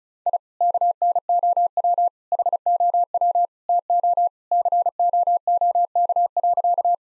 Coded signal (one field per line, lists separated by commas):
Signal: Morse code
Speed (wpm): 34 wpm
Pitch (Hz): 700 Hz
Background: none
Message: I KNOW HOW TO COOK.